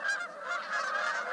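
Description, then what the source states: Waterfowl honking calls, a steady run of nasal, goose-like honks with harmonic bands throughout, overlapping and continuous. Wild waterfowl recorded in Alaska.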